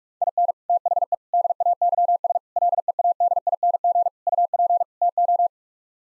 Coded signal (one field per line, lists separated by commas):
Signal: Morse code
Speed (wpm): 43 wpm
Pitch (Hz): 700 Hz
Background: none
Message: IN THE DAYS LEADING UP TO